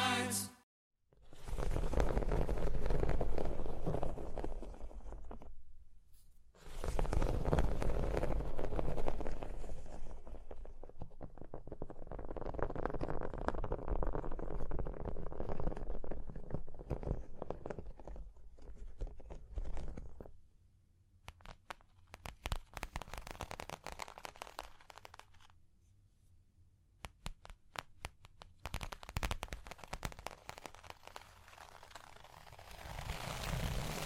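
Scratching and tracing across a surface, with long dense rasping strokes through the first twenty seconds, broken by a brief silence near six seconds. After about twenty seconds it turns to sparse, sharp taps and clicks with pauses, then brushing resumes near the end.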